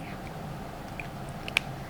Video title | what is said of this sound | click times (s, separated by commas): Story Time with Miss A: Stumpkin by Lucy Ruth Cummins | so we put our marker cap on make sure it clicks | 1.6 s